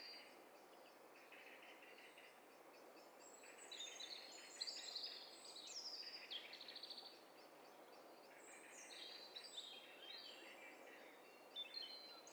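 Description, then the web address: Mixed bird chorus with many overlapping high chirps, short trills and twitters, busiest between four and seven seconds and again near ten seconds, over a constant low hiss. Several birds calling at once; stereo recording. "Hi Fi STEREO BIRD COCKTAIL PARTY Challenge"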